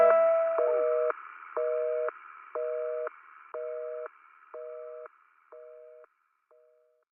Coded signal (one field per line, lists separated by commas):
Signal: telephone call progress tone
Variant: North America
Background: music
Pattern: busy tone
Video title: Dial Tone - Catch Your Breath (Türkçe Çeviri)